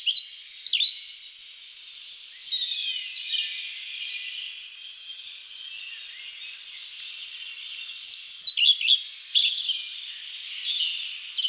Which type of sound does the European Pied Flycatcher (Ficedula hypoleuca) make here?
song